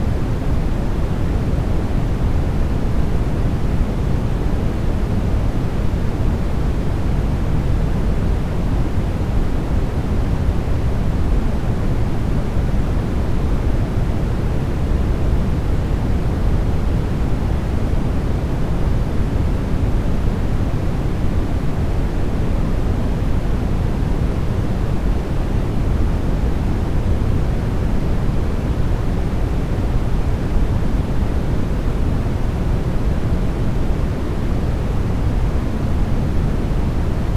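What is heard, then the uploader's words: Steady, unchanging noise for the full length, dense and even, weighted toward a deep rumble with only a soft hiss on top. Pure White Noise.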